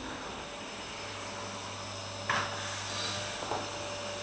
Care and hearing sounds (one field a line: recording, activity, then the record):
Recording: daily activity, microphone in the room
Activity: vacuum cleaning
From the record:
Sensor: 2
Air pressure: 999.9 hPa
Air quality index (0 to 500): 127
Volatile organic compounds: 2 ppm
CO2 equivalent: 1091 ppm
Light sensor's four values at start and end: 28/70/30/33 and 28/70/30/33